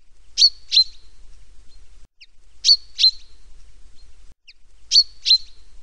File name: erdei pinty